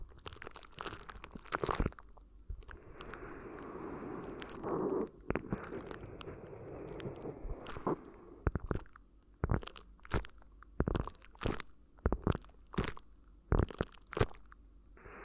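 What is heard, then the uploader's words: Crinkly ear massage sounds: sharp crunching and crackling bursts, dense and bright, with a steadier rustling wash from about 2 to 8 seconds. After that the crinkles come as separate quick snaps, roughly one or two per second, over quiet gaps. ASMR Addictive Crinkly Ear Massage (No Talking).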